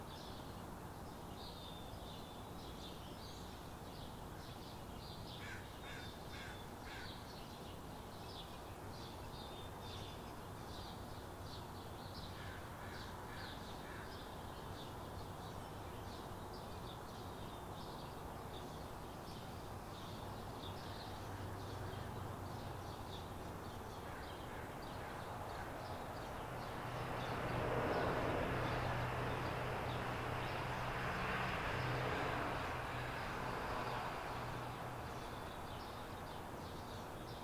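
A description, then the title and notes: Backyard ambience with birds chirping and twittering in short bursts throughout, over a steady low background hum. From about 27 to 35 seconds a vehicle passes, its low rumble and rushing swell briefly louder before fading again. Maple Leaf 4:55 AM. Recorded in our backyard.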